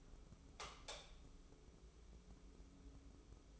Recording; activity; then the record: daily activity, microphone in the room; light on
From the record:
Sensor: 1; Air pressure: 995.3 hPa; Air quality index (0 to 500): 25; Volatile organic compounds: 1 ppm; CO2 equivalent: 510 ppm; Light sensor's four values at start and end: 10/26/10/11 and 14/41/16/17